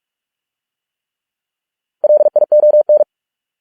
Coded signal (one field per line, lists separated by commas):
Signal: Morse code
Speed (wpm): 46 wpm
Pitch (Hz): 600 Hz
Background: none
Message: LION